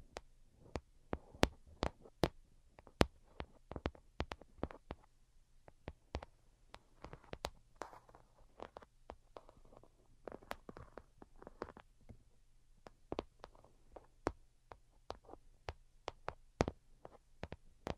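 Delicate tapping in quick, irregular bursts of sharp, bright clicks, dozens across the stretch, over a faint low hum and soft murmuring texture.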